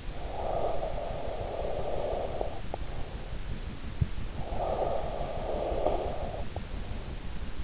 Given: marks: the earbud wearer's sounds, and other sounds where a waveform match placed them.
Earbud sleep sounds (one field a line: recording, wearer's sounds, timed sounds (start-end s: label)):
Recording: sounds in sleep by an in-ear microphone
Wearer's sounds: breath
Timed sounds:
0.00-3.19 s: breath
4.22-6.83 s: breath